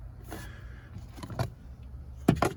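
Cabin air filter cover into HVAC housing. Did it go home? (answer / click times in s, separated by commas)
yes / 2.3 s, 2.4 s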